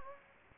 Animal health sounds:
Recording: mosquito wingbeat signal from an infrared sensor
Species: Anopheles gambiae

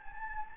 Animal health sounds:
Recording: mosquito wingbeat signal from an infrared sensor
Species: Anopheles gambiae

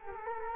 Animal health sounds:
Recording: mosquito wingbeat signal from an infrared sensor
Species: Culex quinquefasciatus

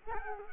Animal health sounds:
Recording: mosquito wingbeat signal from an infrared sensor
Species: Culex quinquefasciatus

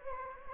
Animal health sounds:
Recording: mosquito wingbeat signal from an infrared sensor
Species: Anopheles gambiae

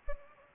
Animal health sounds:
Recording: mosquito wingbeat signal from an infrared sensor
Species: Anopheles gambiae

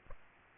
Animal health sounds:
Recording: mosquito wingbeat signal from an infrared sensor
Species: Aedes aegypti

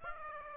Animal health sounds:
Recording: mosquito wingbeat signal from an infrared sensor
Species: Aedes aegypti

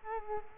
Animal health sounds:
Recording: mosquito wingbeat signal from an infrared sensor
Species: Culex quinquefasciatus

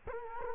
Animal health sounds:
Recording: mosquito wingbeat signal from an infrared sensor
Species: Culex quinquefasciatus

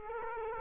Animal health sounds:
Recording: mosquito wingbeat signal from an infrared sensor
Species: Culex quinquefasciatus

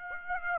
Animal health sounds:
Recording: mosquito wingbeat signal from an infrared sensor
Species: Aedes aegypti

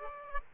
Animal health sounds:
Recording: mosquito wingbeat signal from an infrared sensor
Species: Aedes aegypti

